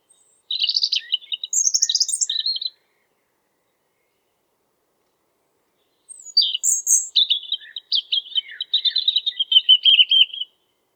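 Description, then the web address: European robin singing two long phrases of high, liquid twitters and sweet trills, with a silent gap of several seconds between them. "geluiden roodborst zang"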